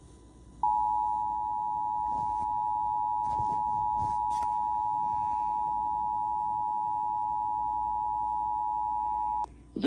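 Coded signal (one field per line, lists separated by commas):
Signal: Emergency Alert System (SAME) tones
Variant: 853 and 960 Hz attention tone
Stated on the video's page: Real EAS alerts and tests received by radio.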